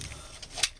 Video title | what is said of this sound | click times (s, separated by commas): MaskedGamer reviews - power of the primes - leader class - rodimus unicronus | And then it'll just click into place like so. | 0.6 s